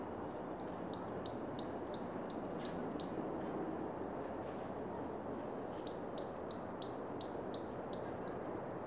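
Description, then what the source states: Bird calling in two bursts of rapid, high, thin double notes, each a short whistle followed by a lower down-slurred note, repeated about three times per second over a steady low hiss. Recorded in Oostduinen.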